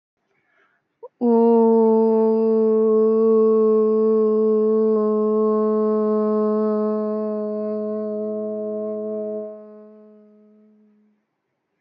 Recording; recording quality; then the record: sustained vowel as in boot; excellent, no background noise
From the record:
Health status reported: healthy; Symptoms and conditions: none ticked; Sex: female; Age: 23 years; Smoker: not ticked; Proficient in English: yes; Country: India